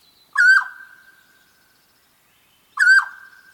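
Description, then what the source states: Mountain Quail giving two loud, clear calls about 2.4 seconds apart, each a brief rising-falling note sliding into a long level tail, with a quiet background. Mountain quail of the Sierra Nevada and Cascade Mountains.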